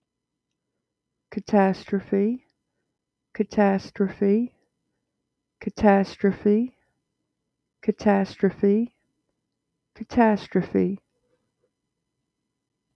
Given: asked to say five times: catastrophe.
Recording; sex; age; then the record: repeated word; female; 40 to 49 years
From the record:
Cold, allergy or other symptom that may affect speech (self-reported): no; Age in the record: 46 years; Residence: Virginia, United States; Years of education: 12